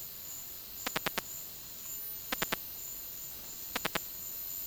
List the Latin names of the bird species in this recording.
none